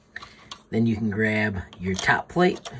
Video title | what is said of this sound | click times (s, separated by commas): A 3D printable Tinkercad Clicky Fidget Multi Color Bambu Steps for Beginners | make sure you've got it going straight and you'll hear it snap | 0.2 s